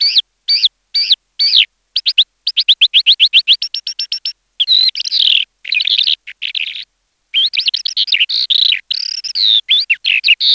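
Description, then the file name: Eurasian skylark song: a rapid, varied stream of high chirps, trills and warbled phrases, broken by a few brief pauses. "ALLODOLABT"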